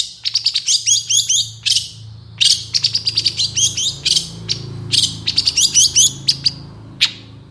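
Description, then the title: Long-tailed shrike song: dense, fast bursts of harsh chattering notes mixed with thin whistles, delivered in clusters separated by short gaps. Long-tailed shrike song in the morning, with varied calls including "toet toet"; used as a lure recording to prompt sluggish or stressed cendet birds to sing. "Cendet Gacor Dor Di Kala Pagi Toet Toet Variasi Suara. PANCINGAN CENDET MALAS BUNYI CENDET MACET CENDET STRESS"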